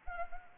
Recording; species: mosquito wingbeat signal from an infrared sensor; Anopheles arabiensis